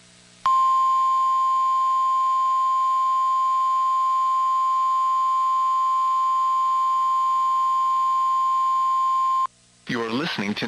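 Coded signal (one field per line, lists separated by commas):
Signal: Emergency Alert System (SAME) tones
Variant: 1050 Hz attention tone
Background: speech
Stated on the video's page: Compilation of EAS alert and test captures.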